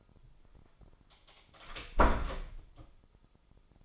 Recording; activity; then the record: daily activity, microphone in the room; close door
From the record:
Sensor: 5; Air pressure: 996.2 hPa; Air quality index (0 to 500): 50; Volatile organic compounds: 1 ppm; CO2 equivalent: 823 ppm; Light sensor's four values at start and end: 42/98/41/43 and 42/98/41/43